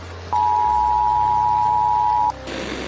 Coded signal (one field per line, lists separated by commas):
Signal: Emergency Alert System (SAME) tones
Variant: 853 and 960 Hz attention tone